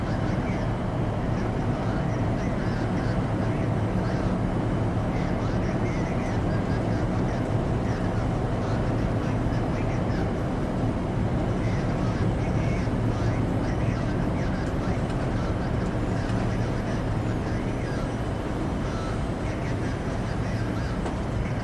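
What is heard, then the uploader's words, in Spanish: Inside a ferry cabin, a steady low engine rumble fills the whole stretch with a constant, dense drone. Faint murmurs of voices and occasional light clicks drift over it, and the level stays nearly even from start to finish. Ambiente de Cabina de Transbordador para un Sueño Profundo.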